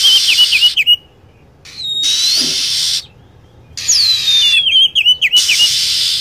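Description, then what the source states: Lovebird chirps: a quick trill of short squeaks, a single rising whistle, then a long falling whistle into chattering notes, with hiss between. Lure recording used to attract lovebirds.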